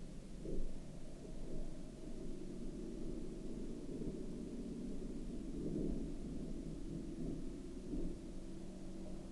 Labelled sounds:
aircraft
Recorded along the Dempster Highway, Canada, on 6 October 2019 at 01:20
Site 24

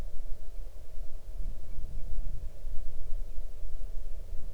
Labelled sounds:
waterfowl
wind
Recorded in the Arctic National Wildlife Refuge, Alaska, on 8 June 2019 at 00:02
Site 40

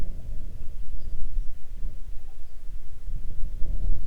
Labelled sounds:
grouse or ptarmigan
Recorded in the Arctic National Wildlife Refuge, Alaska, on 3 June 2019 at 04:44
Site 37

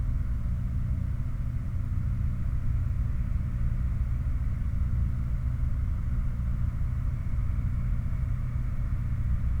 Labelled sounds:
machinery
flare stack
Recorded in the Prudhoe Bay oil fields, Alaska, on 16 August 2019 at 00:53
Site 29

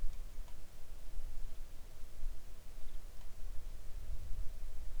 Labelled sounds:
wind
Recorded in the Arctic National Wildlife Refuge, Alaska, on 3 August 2019 at 10:34
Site 41

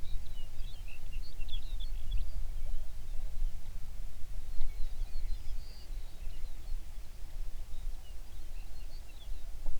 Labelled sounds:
songbird
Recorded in the Prudhoe Bay oil fields, Alaska, on 11 June 2019 at 05:03
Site 21

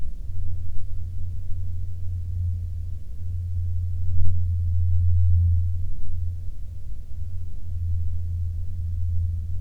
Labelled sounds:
aircraft
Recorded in the Prudhoe Bay oil fields, Alaska, on 19 July 2019 at 15:40
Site 24

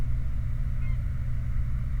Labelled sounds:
waterfowl
truck
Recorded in the Prudhoe Bay oil fields, Alaska, on 29 July 2019 at 04:16
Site 29

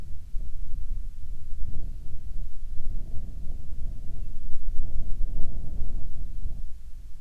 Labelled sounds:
wind
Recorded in the Prudhoe Bay oil fields, Alaska, on 10 July 2019 at 14:20
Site 14

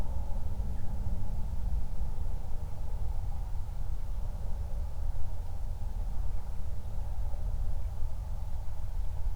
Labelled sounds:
wind
man-made sound
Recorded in the Prudhoe Bay oil fields, Alaska, on 31 July 2019 at 08:38
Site 24

